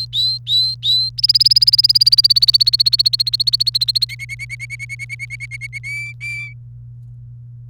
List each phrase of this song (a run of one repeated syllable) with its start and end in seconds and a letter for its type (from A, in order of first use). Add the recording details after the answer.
0.00-1.09 A, 1.18-4.05 B, 4.09-5.78 C, 5.83-6.53 D. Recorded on 28 April 2018 at 10:44. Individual llb3